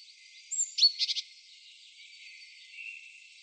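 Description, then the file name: Great tit call: a short burst of a few sharp, high chipping notes near the start, then a quiet hissing background with a faint chirp. "Parus major"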